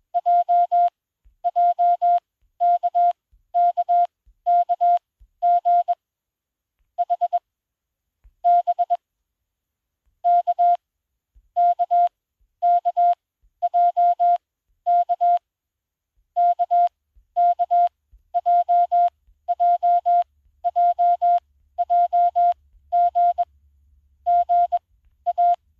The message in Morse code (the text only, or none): JJKKKG H B K KKJK KKJJJJG GA